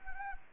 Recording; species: mosquito wingbeat signal from an infrared sensor; Anopheles gambiae